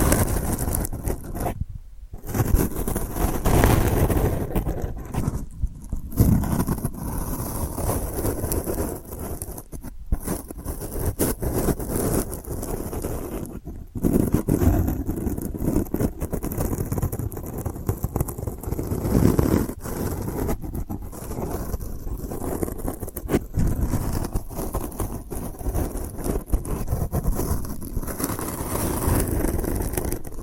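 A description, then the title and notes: Delicate scratching runs almost without pause, a dense, dry, crackly rasp with brief silent breaks near two, six and fourteen seconds. ASMR Delicate Scratching for Sleep (No Talking).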